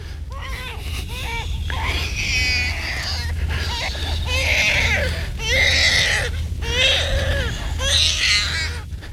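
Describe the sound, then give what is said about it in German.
An infant, strapped in a carrier on its mother's front, wails in repeated, high-pitched bursts with short breaths between, loud and insistent over a steady low hum of background noise. “Man hat das arme Kind in so einer Tragehilfe der Mutter vor den Bauch gebunden und es guckt die ganze Zeit”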